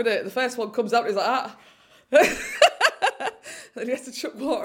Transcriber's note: laughter